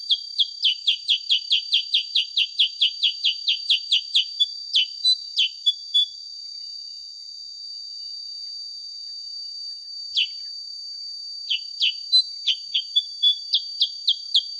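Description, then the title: Sooty-headed bulbul: a long rapid series of crisp downslurred chips, silence for several seconds, then renewed chips and short twitters, beneath an unbroken high-pitched tone. Original natural song offered as a master recording for training songbirds, suited for use as a lure (pancingan) to prompt other birds. "Masteran Kutilang Sutra. SUARA ASLI KUTILANG SUTRA COCOK UNTUK PANCINGAN"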